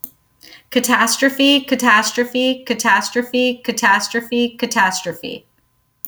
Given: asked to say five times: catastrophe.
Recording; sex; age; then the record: repeated word; female; 40 to 49 years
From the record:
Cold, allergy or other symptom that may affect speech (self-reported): no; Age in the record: 47 years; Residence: Florida, United States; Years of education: 16